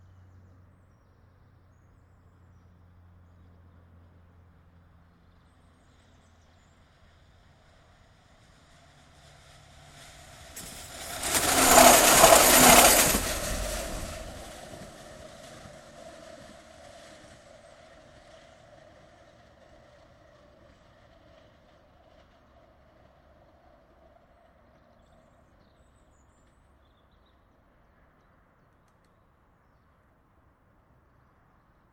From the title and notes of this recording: Barfoot Bridge (where the tramline crosses the Mersey just NW of Sale Water Park) carries the Bridgewater Canal as well as the Metrolink. The footpath runs directly alongside the rails allowing you to get so close it’s scary! Recorded with a pair of Sony ECM-77’s in a makeshift binaural arrangement.